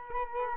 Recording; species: mosquito wingbeat signal from an infrared sensor; Culex quinquefasciatus